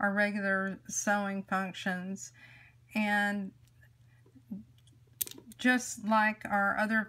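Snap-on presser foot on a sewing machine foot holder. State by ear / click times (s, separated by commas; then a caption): released / 5.2 s. A dual feed presser foot is released from its snap-on holder on a sewing machine by pressing down on the toe of the foot, and it comes off with a sharp snap at 5.2 seconds. Someone talks before and after the snap, with a few faint clicks just ahead of it.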